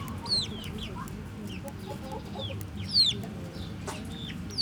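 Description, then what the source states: Chicken chicks peeping, high thin notes that slide downward, scattered irregularly throughout, with a soft low rumble beneath. Hens and chicks in the chicken house of the Atelier 34zero museum garden, Jette, Brussels, Belgium; recorded with DPA 4060 microphones in AB position into a Zoom F3.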